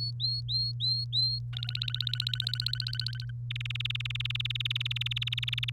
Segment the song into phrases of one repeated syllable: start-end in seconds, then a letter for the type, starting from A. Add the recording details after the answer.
0.00-1.39 A, 1.53-3.31 B, 3.50-5.70 C. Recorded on 30 April 2018 at 13:36. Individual llb3